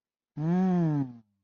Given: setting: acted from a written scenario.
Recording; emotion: vocal sound without words; awe